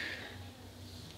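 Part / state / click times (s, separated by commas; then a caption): RAM memory module into laptop memory slot / not seated / none. A new SO-DIMM RAM memory module is being handled at the memory slot of an ASUS TP300L Transformer Flip Book laptop, inserted at an angle before being pushed down under the side retention clips. Only a faint low hum and quiet, steady handling noise are heard, with no sharp transients. Nothing has seated or clicked yet.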